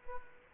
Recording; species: mosquito wingbeat signal from an infrared sensor; Culex quinquefasciatus